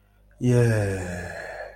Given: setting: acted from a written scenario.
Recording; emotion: vocal sound without words; contentment